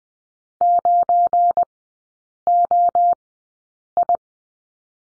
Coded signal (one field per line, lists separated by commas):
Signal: Morse code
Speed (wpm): 20 wpm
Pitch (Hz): 700 Hz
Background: none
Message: 9OI